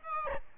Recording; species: mosquito wingbeat signal from an infrared sensor; Aedes albopictus